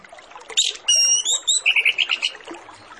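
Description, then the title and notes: Orange-headed Thrush song in a dense run: squeaky notes, sustained high whistles, then a quick series of repeated chirps, all over a hissing background. Master lure recording of Orange-headed Thrush full song packed with fill phrases, meant to prompt birds to sing quickly and openly. "Masteran Anis Kembang Full Isian Untuk Suara Pancingan Anis Kembang Agar Cepat Ngeplong. Suara Burung Anis Kembang"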